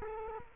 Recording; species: mosquito wingbeat signal from an infrared sensor; Culex quinquefasciatus